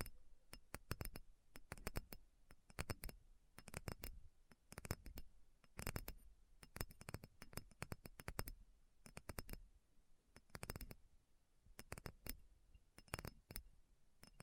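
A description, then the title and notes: Addictive tapping in quick, crisp bursts, sharp clicks arriving in clusters of several taps with brief pauses between groups. The taps are bright and snappy, repeating unevenly through the whole stretch over a quiet, faint hiss. ASMR Addictive Tapping. (No Talking).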